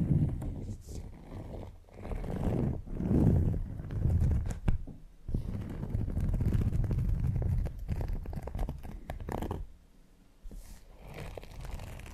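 Fingers scratch and rub over textured leather, making a dense, rough scraping that swells and fades in uneven strokes. The sound is mostly low and grainy with brief bright flicks, and it thins out to quieter, sparser rubbing after about nine seconds.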